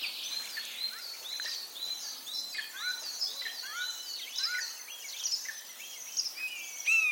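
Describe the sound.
Common starling chatter: many overlapping high whistles, rising and falling slurs and clicks, continuous throughout, ending with a louder clear whistle.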